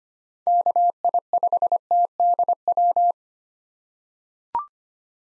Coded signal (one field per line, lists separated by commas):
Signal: Morse code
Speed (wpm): 25 wpm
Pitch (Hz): 700 Hz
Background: none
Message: KI5TDW